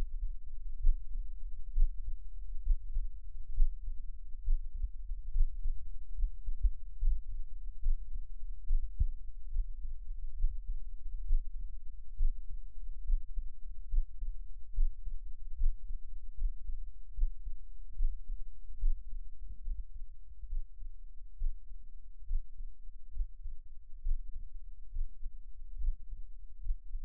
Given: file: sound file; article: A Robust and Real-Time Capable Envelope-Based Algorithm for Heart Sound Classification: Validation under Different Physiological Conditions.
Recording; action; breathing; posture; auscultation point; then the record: heart sounds by electronic stethoscope; rest; normal; sitting; sternum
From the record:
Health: healthy, no known heart disease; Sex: male